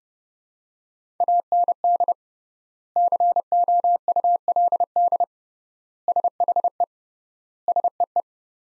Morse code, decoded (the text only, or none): AND COULD SHE SEE